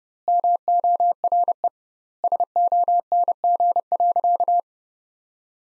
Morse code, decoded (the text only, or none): MORE SONG.